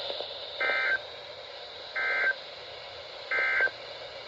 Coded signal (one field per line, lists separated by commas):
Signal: Emergency Alert System (SAME) tones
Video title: “Winter Storm Warning In Now Effect” (EAS 436-442)